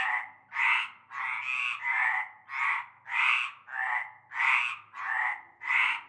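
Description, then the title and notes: Harsh frog croaks in a chorus, longer rasping calls alternating with shorter ones, a low hum faintly behind. Chorus heard from nightfall in a large concrete basin holding stagnant greenish water, Avenue Cante Coucou, La Ciotat, Bouches-du-Rhône, Provence, France. "Avenue Cante Coucou, Groupède, La Ciotat, Marseille, Bouches-du-Rhône, Provence-Alpes-Côte d'Azur, France métropolitaine, 13600, France - cœur de grenouilles. Une grande vasque en béton, un fond d'eau verdâtre croupissant. et un cœur de grenouilles dès la nuit tombée"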